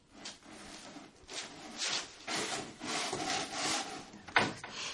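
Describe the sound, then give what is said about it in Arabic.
A wooden box holding antiquities, jewelry and ancient coins is opened and searched: wooden scraping and rubbing as the lid is worked open, followed by rummaging shuffles and knocks, with a sharp clack near the end; moderately loud, with no voices. “مش ده الصندوق اللي انا شفتهم شايلينه؟ يا ترى فيه ايه؟”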